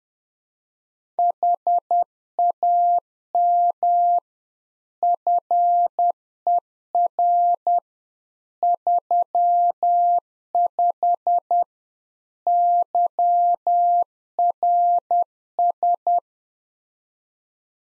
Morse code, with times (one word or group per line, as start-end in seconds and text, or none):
1.2-4.2 HAM
5.0-7.8 FER
8.6-11.6 35
12.5-16.2 YRS